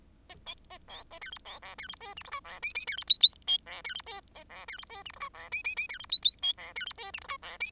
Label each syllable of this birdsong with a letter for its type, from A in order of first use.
A B A C A D E C F D E G H I J F K K D E L L B F D E G A F D E G H I J F K K K D E L L B F D E G H I J F K